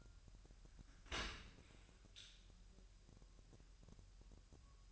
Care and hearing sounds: daily activity, microphone in the room; open dishwasher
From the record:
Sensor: 2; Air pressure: 1000.4 hPa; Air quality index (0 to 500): 246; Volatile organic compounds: 91 ppm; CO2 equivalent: 3695 ppm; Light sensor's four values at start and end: 9/21/9/9 and 9/21/9/9

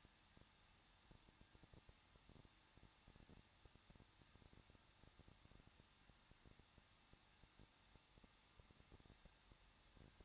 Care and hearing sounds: daily activity, microphone in the room; no activity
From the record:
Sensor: 3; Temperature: 21.2 degrees Celsius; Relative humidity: 36.3%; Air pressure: 1006.3 hPa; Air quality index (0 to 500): 221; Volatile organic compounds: 40 ppm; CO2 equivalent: 3150 ppm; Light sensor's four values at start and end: 2/3/2/2 and 2/3/2/2

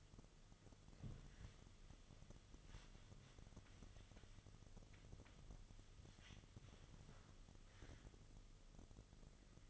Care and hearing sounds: daily activity, microphone in the room; wipe stove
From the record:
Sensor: 4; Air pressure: 1005.7 hPa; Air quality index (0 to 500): 101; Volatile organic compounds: 2 ppm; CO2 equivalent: 1254 ppm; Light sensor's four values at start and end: 12/27/10/10 and 12/26/10/10

